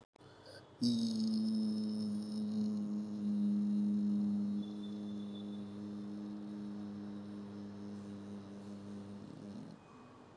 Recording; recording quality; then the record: sustained vowel as in beet; moderate, slight background noise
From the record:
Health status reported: COVID-19 positive, mild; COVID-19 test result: positive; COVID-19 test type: RT-PCR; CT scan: not taken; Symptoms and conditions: cough, cold, fever, fatigue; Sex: male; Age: 32 years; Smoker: no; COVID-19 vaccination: both doses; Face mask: not worn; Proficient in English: yes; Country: India